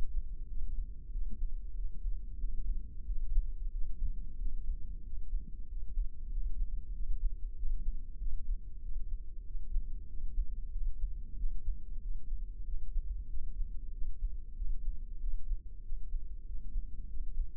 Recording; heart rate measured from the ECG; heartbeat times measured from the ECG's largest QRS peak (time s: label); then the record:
heart sounds by microphone in the left ear; 94 bpm
0.50 s: heartbeat
1.14 s: heartbeat
1.77 s: heartbeat
2.41 s: heartbeat
3.08 s: heartbeat
3.74 s: heartbeat
4.40 s: heartbeat
5.06 s: heartbeat
5.70 s: heartbeat
6.33 s: heartbeat
6.95 s: heartbeat
7.58 s: heartbeat
8.21 s: heartbeat
8.84 s: heartbeat
9.47 s: heartbeat
10.10 s: heartbeat
10.73 s: heartbeat
11.39 s: heartbeat
12.03 s: heartbeat
12.67 s: heartbeat
13.31 s: heartbeat
13.94 s: heartbeat
14.58 s: heartbeat
15.22 s: heartbeat
15.85 s: heartbeat
16.48 s: heartbeat
17.11 s: heartbeat
From the record:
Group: healthy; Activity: rest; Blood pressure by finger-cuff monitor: 138/75 mmHg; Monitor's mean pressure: 96 mmHg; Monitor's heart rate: 94 bpm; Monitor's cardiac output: 7.7 L/min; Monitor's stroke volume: 83 mL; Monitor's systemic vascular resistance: 900 dyn s/cm5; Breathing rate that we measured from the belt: 17 breaths a minute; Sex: male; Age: 21 years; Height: 175 cm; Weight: 72.6 kg